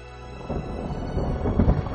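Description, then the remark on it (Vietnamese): Deep rumbling thunder strikes continuously during a battle, rolling on and swelling louder toward the end with heavy low booms, over a steady rushing wash like rain. “Lôi đình đánh xuống không ngừng, lại có thêm cung tên như mưa ầm ầm bắn tới.”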